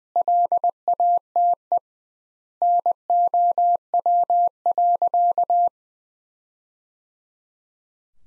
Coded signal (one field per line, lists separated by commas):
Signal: Morse code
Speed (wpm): 20 wpm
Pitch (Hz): 700 Hz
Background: none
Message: LATE NOW.